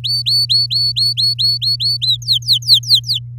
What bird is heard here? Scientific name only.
Serinus canaria